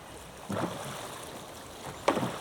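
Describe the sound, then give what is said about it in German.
A boat moves over sea waves off Benghazi, Libya, with a steady watery rush and two louder splashing surges as waves slap against the hull. No voices. “Mit Izaks Boot sollte die Reise beginnen.”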